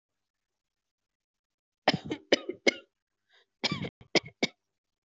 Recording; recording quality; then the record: shallow voluntary cough; excellent, no background noise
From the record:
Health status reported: healthy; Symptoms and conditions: none ticked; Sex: female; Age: 33 years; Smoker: not ticked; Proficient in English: yes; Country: India